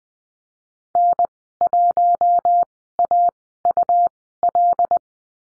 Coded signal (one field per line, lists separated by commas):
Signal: Morse code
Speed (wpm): 20 wpm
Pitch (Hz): 700 Hz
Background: none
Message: N1AUL